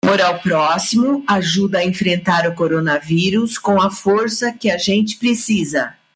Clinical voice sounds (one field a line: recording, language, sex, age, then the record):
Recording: spoken sentence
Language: Brazilian Portuguese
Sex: male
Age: 40 to 49 years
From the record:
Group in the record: control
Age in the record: 41 years